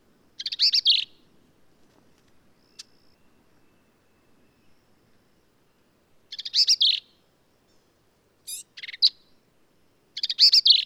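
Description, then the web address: Black-capped vireo song, brief scratchy warbled phrases separated by several seconds of quiet, with a few thin higher notes in between. "birdsongforthecurious Black-capped Vireo"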